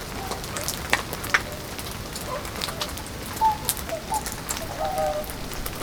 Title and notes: Zemitz, Deutschland - Singschwäne bei Regen/whooper swans in the rain. Singschwäne (entfernt) am Peenestrom bei Regen